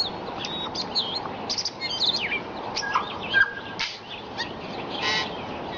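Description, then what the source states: Tui song: a jumble of sharp clicks and short high whistles with brief pauses, over a steady background hiss. Singing at sunrise.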